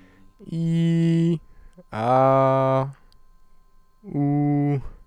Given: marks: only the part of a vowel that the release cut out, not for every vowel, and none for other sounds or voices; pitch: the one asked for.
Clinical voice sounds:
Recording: sustained vowels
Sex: male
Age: 20 to 29 years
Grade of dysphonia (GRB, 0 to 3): 0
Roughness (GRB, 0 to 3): 0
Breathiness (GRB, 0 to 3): 0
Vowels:
0.56-1.29 s: vowel /i/, high pitch
2.04-2.72 s: vowel /a/, high pitch
4.17-4.73 s: vowel /u/, high pitch
From the record:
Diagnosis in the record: healthy voice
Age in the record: 28 years

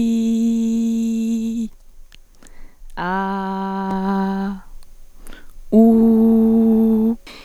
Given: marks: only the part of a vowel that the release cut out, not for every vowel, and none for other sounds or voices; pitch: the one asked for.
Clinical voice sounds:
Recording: sustained vowels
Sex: female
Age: 20 to 29 years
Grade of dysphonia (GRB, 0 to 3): 0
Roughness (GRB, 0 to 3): 0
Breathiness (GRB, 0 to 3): 0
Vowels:
0.00-1.37 s: vowel /i/, normal pitch
3.19-4.40 s: vowel /a/, normal pitch
5.91-6.98 s: vowel /u/, normal pitch
From the record:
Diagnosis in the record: healthy voice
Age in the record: 21 years

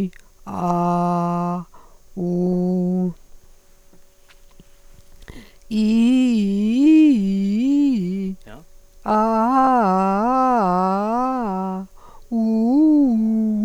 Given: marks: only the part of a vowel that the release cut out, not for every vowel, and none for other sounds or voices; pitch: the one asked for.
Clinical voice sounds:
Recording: sustained vowels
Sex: female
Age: 60 to 69 years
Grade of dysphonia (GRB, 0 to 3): 1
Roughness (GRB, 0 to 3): 1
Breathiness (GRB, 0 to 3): 1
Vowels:
0.72-1.52 s: vowel /a/, low pitch
2.23-3.01 s: vowel /u/, low pitch
6.38-7.59 s: vowel /i/, low-high-low pitch
9.88-11.00 s: vowel /a/, low-high-low pitch
12.46-13.48 s: vowel /u/, low-high-low pitch
From the record:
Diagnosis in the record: dysarthrophonia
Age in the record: 60 years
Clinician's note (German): Bei MS

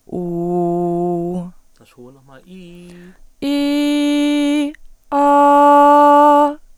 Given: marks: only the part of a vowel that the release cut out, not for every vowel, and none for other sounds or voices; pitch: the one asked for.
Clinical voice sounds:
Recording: sustained vowels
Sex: female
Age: 20 to 29 years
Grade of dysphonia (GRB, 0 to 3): 1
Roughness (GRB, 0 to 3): 1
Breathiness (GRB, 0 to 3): 0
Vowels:
0.24-1.31 s: vowel /u/, low pitch
3.52-4.55 s: vowel /i/, high pitch
5.25-6.38 s: vowel /a/, high pitch
From the record:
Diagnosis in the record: dysodia (singing voice disorder)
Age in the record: 21 years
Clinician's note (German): Beginnende Phonationsverdickung, links größer rechts

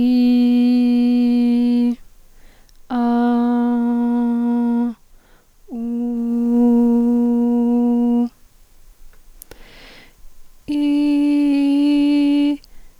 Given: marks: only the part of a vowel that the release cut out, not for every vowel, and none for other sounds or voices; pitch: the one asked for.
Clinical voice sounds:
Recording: sustained vowels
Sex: female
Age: 30 to 39 years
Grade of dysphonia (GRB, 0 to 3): 0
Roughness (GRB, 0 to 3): 0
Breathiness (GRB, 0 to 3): 0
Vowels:
0.00-1.77 s: vowel /i/, normal pitch
2.96-3.50 s: vowel /a/, normal pitch
10.89-12.44 s: vowel /i/, high pitch
From the record:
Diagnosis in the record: psychogenic dysphonia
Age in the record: 38 years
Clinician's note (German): Funktionell

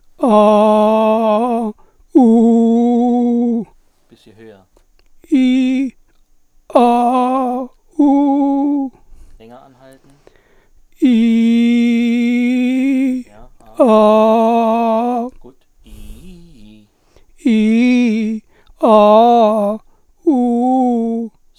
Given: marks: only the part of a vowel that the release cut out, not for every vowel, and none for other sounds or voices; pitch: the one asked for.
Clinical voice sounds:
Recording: sustained vowels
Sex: male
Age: 40 to 49 years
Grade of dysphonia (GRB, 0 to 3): 2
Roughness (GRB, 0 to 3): 0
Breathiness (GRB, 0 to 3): 2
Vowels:
0.31-1.50 s: vowel /a/, low pitch
2.26-3.40 s: vowel /u/, low pitch
8.05-8.72 s: vowel /u/, high pitch
11.13-12.75 s: vowel /i/, high pitch
14.02-14.99 s: vowel /a/, high pitch
17.82-18.33 s: vowel /i/, low-high-low pitch
18.96-19.61 s: vowel /a/, low-high-low pitch
20.30-21.16 s: vowel /u/, low-high-low pitch
From the record:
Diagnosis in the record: psychogenic dysphonia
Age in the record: 49 years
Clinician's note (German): Depression

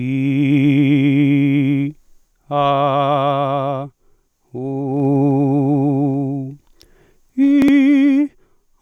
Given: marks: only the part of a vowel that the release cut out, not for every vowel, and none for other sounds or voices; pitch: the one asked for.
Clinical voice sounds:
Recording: sustained vowels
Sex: male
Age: 30 to 39 years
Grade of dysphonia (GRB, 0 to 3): 0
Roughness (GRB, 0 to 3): 0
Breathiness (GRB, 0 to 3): 0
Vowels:
0.00-1.80 s: vowel /i/, normal pitch
2.58-3.80 s: vowel /a/, normal pitch
4.64-6.38 s: vowel /u/, normal pitch
7.68-8.19 s: vowel /i/, high pitch
From the record:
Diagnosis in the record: dysodia (singing voice disorder), contact pachydermia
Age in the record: 34 years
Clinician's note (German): Kontaktpachydermie ohne "Kontaktpachydermie"

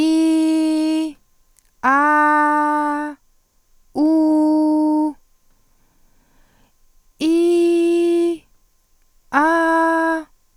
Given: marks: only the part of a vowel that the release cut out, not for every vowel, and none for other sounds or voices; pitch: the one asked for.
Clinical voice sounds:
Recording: sustained vowels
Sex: female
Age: 30 to 39 years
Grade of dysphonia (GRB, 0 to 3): 1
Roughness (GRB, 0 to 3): 0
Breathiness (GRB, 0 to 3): 0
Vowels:
0.00-1.01 s: vowel /i/, normal pitch
1.90-3.02 s: vowel /a/, normal pitch
4.03-5.05 s: vowel /u/, normal pitch
7.26-8.23 s: vowel /i/, high pitch
9.39-10.13 s: vowel /a/, high pitch
From the record:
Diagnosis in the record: phonasthenia (vocal fatigue)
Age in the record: 31 years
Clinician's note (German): Psychogen, stroboskopisch o.B.

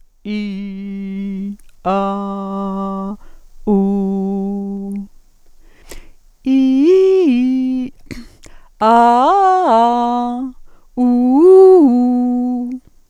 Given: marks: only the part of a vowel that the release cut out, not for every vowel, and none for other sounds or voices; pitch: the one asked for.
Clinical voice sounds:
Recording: sustained vowels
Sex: female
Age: 60 to 69 years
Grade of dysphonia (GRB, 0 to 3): 2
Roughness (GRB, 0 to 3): 0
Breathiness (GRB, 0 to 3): 0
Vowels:
0.46-1.29 s: vowel /i/, low pitch
2.04-2.93 s: vowel /a/, low pitch
3.88-4.73 s: vowel /u/, low pitch
6.65-7.30 s: vowel /i/, low-high-low pitch
8.93-10.26 s: vowel /a/, low-high-low pitch
11.16-12.58 s: vowel /u/, low-high-low pitch
From the record:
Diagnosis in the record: functional dysphonia, presbyphonia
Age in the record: 66 years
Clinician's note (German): Funktionelle Dysphonie + Vox senilis

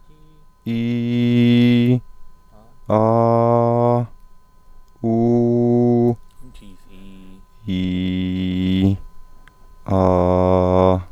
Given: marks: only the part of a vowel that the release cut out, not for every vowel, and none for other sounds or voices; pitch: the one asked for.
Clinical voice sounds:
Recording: sustained vowels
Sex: male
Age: 20 to 29 years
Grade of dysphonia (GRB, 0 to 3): 0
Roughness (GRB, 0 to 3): 0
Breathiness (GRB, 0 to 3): 0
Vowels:
0.73-1.84 s: vowel /i/, high pitch
3.00-3.96 s: vowel /a/, high pitch
5.09-6.07 s: vowel /u/, high pitch
7.75-8.79 s: vowel /i/, low pitch
9.97-10.78 s: vowel /a/, low pitch
From the record:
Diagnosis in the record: healthy voice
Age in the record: 29 years

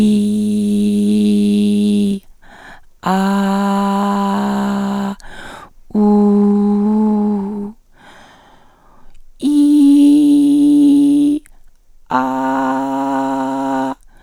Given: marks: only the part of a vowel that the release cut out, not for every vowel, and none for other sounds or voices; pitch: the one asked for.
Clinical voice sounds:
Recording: sustained vowels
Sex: female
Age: 40 to 49 years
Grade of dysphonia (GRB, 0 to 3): 2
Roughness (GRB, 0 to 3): 2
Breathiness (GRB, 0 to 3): 1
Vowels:
0.00-2.02 s: vowel /i/, normal pitch
3.16-5.00 s: vowel /a/, normal pitch
6.03-7.51 s: vowel /u/, normal pitch
9.55-11.22 s: vowel /i/, high pitch
12.25-13.78 s: vowel /a/, high pitch
From the record:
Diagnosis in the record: recurrent laryngeal nerve paralysis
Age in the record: 47 years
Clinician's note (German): Rechts, Zustand nach Stütze, Interarybereich verdickt geschwollen, Stridor

